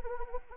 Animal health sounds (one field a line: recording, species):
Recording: mosquito wingbeat signal from an infrared sensor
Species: Anopheles arabiensis